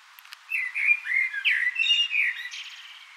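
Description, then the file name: Common blackbird producing a continuous mellow, gurgling warble that rises into a scratchy, high-pitched flourish at the end. "Turdus merula"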